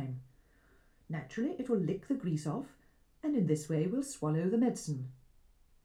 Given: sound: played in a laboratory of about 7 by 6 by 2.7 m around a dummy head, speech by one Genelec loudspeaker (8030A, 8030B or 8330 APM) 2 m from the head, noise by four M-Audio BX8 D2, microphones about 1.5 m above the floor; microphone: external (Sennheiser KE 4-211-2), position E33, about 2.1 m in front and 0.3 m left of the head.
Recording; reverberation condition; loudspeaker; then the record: female speech in English; low; 30 degrees to the left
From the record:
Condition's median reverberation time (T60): about 310 ms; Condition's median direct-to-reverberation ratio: about 3.5 dB